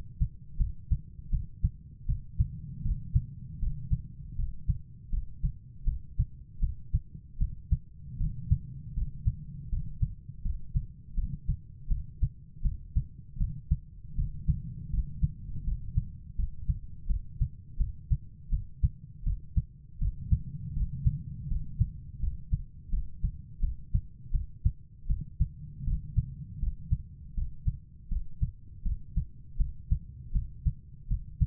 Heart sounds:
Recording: heart sounds by stethoscope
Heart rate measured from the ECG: 81 bpm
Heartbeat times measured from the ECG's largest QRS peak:
0.57 s: heartbeat
1.30 s: heartbeat
2.06 s: heartbeat
2.82 s: heartbeat
3.59 s: heartbeat
4.35 s: heartbeat
5.09 s: heartbeat
5.84 s: heartbeat
6.59 s: heartbeat
7.38 s: heartbeat
8.17 s: heartbeat
8.94 s: heartbeat
9.69 s: heartbeat
10.42 s: heartbeat
11.14 s: heartbeat
11.87 s: heartbeat
12.62 s: heartbeat
13.37 s: heartbeat
14.15 s: heartbeat
14.90 s: heartbeat
15.64 s: heartbeat
16.35 s: heartbeat
17.06 s: heartbeat
17.77 s: heartbeat
18.49 s: heartbeat
19.23 s: heartbeat
19.98 s: heartbeat
20.73 s: heartbeat
21.47 s: heartbeat
22.19 s: heartbeat
22.89 s: heartbeat
23.59 s: heartbeat
24.31 s: heartbeat
25.06 s: heartbeat
25.84 s: heartbeat
26.59 s: heartbeat
27.34 s: heartbeat
28.08 s: heartbeat
28.82 s: heartbeat
29.57 s: heartbeat
30.32 s: heartbeat
31.07 s: heartbeat
From the record:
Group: healthy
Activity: cold pressor test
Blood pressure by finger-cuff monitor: 123/94 mmHg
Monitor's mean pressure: 104 mmHg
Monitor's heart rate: 81 bpm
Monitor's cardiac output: 5.8 L/min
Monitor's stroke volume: 71 mL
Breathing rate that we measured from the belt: 10 breaths a minute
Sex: female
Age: 32 years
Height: 172 cm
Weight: 71.7 kg

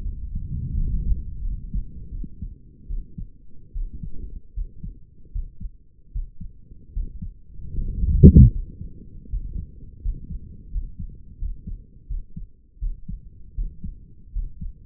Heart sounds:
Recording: heart sounds by stethoscope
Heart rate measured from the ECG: 80 bpm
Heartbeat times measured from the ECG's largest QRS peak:
0.03 s: heartbeat
0.74 s: heartbeat
1.42 s: heartbeat
2.10 s: heartbeat
2.87 s: heartbeat
3.73 s: heartbeat
4.54 s: heartbeat
5.32 s: heartbeat
6.12 s: heartbeat
6.93 s: heartbeat
7.74 s: heartbeat
8.52 s: heartbeat
9.29 s: heartbeat
10.02 s: heartbeat
10.71 s: heartbeat
11.38 s: heartbeat
12.07 s: heartbeat
12.79 s: heartbeat
13.55 s: heartbeat
14.32 s: heartbeat
From the record:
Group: healthy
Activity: rest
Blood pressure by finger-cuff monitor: 125/73 mmHg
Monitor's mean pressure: 83 mmHg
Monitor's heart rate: 78 bpm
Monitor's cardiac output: 6.8 L/min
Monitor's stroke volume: 84 mL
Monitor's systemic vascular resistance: 990 dyn s/cm5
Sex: male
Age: 35 years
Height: 180 cm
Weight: 86.9 kg

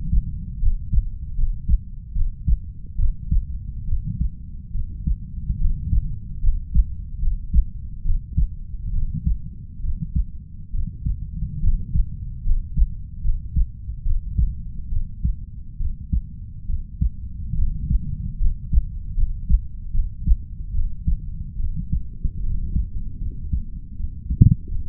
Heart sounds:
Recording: heart sounds by stethoscope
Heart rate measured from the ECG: 72 bpm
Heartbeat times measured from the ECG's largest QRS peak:
0.59 s: heartbeat
1.35 s: heartbeat
2.13 s: heartbeat
2.96 s: heartbeat
3.85 s: heartbeat
4.71 s: heartbeat
5.57 s: heartbeat
6.40 s: heartbeat
7.19 s: heartbeat
8.02 s: heartbeat
8.90 s: heartbeat
9.80 s: heartbeat
10.71 s: heartbeat
11.60 s: heartbeat
12.43 s: heartbeat
13.21 s: heartbeat
14.03 s: heartbeat
14.89 s: heartbeat
15.77 s: heartbeat
16.66 s: heartbeat
17.55 s: heartbeat
18.38 s: heartbeat
19.14 s: heartbeat
19.91 s: heartbeat
20.71 s: heartbeat
21.56 s: heartbeat
22.40 s: heartbeat
23.18 s: heartbeat
23.96 s: heartbeat
24.68 s: heartbeat
From the record:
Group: healthy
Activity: rest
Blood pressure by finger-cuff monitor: 115/68 mmHg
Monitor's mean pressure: 83 mmHg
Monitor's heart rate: 71 bpm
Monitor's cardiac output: 5.5 L/min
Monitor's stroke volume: 77 mL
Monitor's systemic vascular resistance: 1080 dyn s/cm5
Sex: female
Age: 32 years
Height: 168 cm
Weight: 61.9 kg

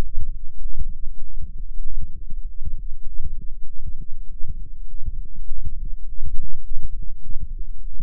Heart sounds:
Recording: heart sounds by microphone in the right ear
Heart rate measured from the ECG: 90 bpm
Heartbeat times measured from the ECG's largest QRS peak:
0.56 s: heartbeat
1.22 s: heartbeat
1.88 s: heartbeat
2.54 s: heartbeat
3.20 s: heartbeat
3.84 s: heartbeat
4.49 s: heartbeat
5.18 s: heartbeat
5.89 s: heartbeat
6.58 s: heartbeat
7.24 s: heartbeat
7.89 s: heartbeat
From the record:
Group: healthy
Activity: light exercise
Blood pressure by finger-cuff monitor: 112/72 mmHg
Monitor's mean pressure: 84 mmHg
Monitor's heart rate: 90 bpm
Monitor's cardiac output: 6.5 L/min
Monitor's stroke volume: 74 mL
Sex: female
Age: 36 years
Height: 163 cm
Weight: 88 kg

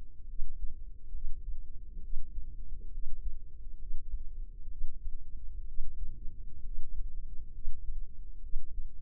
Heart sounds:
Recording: heart sounds by microphone in the left ear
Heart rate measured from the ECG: 66 bpm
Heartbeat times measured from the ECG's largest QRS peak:
0.25 s: heartbeat
1.10 s: heartbeat
1.99 s: heartbeat
2.89 s: heartbeat
3.76 s: heartbeat
4.67 s: heartbeat
5.63 s: heartbeat
6.61 s: heartbeat
7.50 s: heartbeat
8.39 s: heartbeat
From the record:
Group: healthy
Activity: rest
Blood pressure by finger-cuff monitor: 106/66 mmHg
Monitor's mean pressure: 78 mmHg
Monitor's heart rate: 67 bpm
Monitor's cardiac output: 5.4 L/min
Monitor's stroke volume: 81 mL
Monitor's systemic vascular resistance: 1040 dyn s/cm5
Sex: female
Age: 23 years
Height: 160 cm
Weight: 50.4 kg

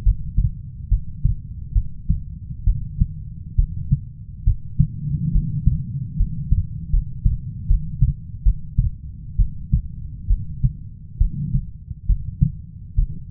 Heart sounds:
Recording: heart sounds by stethoscope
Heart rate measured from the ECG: 70 bpm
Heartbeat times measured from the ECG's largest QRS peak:
0.03 s: heartbeat
0.89 s: heartbeat
1.73 s: heartbeat
2.65 s: heartbeat
3.56 s: heartbeat
4.45 s: heartbeat
5.32 s: heartbeat
6.17 s: heartbeat
6.91 s: heartbeat
7.67 s: heartbeat
8.43 s: heartbeat
9.36 s: heartbeat
10.28 s: heartbeat
11.18 s: heartbeat
12.07 s: heartbeat
12.96 s: heartbeat
From the record:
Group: healthy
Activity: rest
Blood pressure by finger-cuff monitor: 137/67 mmHg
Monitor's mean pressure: 91 mmHg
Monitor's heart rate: 68 bpm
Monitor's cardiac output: 6.7 L/min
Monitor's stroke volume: 100 mL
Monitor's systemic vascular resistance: 990 dyn s/cm5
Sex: female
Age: 37 years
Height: 168 cm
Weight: 70 kg

